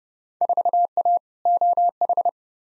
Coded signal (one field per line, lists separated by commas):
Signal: Morse code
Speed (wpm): 29 wpm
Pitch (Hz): 700 Hz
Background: none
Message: 4A OH